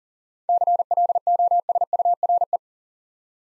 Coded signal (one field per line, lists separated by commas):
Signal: Morse code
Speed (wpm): 38 wpm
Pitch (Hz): 700 Hz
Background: none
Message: CLOSURE